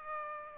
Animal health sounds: mosquito wingbeat signal from an infrared sensor; Aedes aegypti

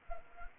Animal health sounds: mosquito wingbeat signal from an infrared sensor; Anopheles arabiensis

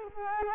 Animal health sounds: mosquito wingbeat signal from an infrared sensor; Culex quinquefasciatus

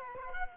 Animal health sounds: mosquito wingbeat signal from an infrared sensor; Culex quinquefasciatus

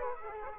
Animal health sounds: mosquito wingbeat signal from an infrared sensor; Aedes aegypti

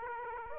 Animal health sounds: mosquito wingbeat signal from an infrared sensor; Aedes aegypti

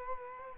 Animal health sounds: mosquito wingbeat signal from an infrared sensor; Culex quinquefasciatus

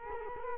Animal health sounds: mosquito wingbeat signal from an infrared sensor; Culex quinquefasciatus

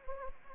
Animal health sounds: mosquito wingbeat signal from an infrared sensor; Anopheles gambiae

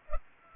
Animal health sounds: mosquito wingbeat signal from an infrared sensor; Culex pipiens

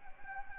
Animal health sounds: mosquito wingbeat signal from an infrared sensor; Anopheles gambiae

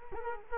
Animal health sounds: mosquito wingbeat signal from an infrared sensor; Culex quinquefasciatus

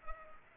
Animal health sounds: mosquito wingbeat signal from an infrared sensor; Culex pipiens

